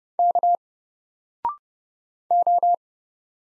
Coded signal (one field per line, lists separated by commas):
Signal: Morse code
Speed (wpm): 30 wpm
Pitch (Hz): 700 Hz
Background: none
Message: K O